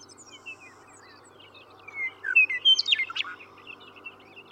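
Western meadowlark song, one quick burst of flute-like, gurgling notes that tumble downward, over soft background chirps.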